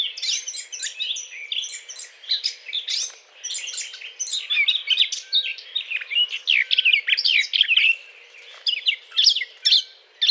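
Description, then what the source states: Eurasian blackcap song, a dense rambling warble of mixed sweet and scratchy notes, then shorter separate bursts toward the end. Courtship song.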